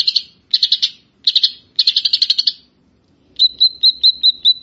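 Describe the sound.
Grey-cheeked bulbul song: four bursts of rapid, harsh chattering notes, then a series of short whistled notes.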